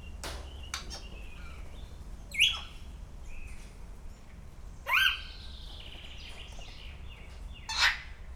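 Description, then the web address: Grey parrot making a few harsh squawks with bright whistled tops, about every two to three seconds, with faint clicks and a constant low background hum. At Szeged Zoo, recorded 2011; calls described as given continuously every day. "allathangok szegedizoo 2011 standardt jakopapagaj folyamatosanaprankent"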